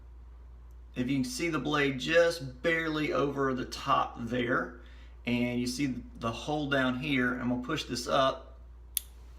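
A razor blade is pushed up into a shavette-style razor head until the pins line up with the blade holes. Someone talks for most of the clip, then a single short, sharp click at 9.0 s marks the blade seating onto the alignment pins.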